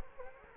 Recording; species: mosquito wingbeat signal from an infrared sensor; Culex quinquefasciatus